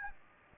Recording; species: mosquito wingbeat signal from an infrared sensor; Aedes aegypti